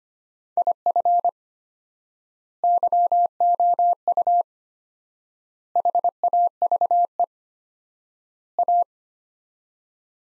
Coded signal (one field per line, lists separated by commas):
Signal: Morse code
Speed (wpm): 25 wpm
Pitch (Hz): 700 Hz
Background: none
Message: IF YOU HAVE A